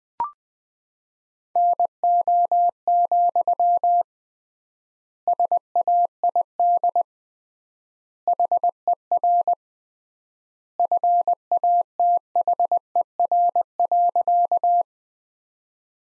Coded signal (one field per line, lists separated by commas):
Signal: Morse code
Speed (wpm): 20 wpm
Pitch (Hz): 700 Hz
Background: none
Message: NO, SAID HER FATHER.